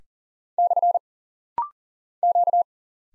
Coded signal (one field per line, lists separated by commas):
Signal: Morse code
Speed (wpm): 40 wpm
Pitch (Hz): 700 Hz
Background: none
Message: / Q